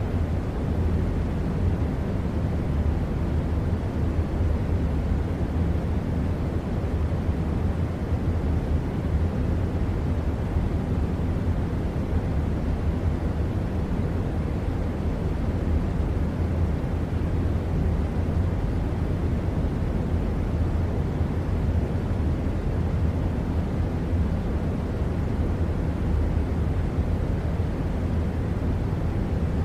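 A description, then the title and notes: A steady air conditioner fan drones without change, a dense low rumble with soft hiss above and a faint hum underneath, throughout. White Noise AC Fan Sounds.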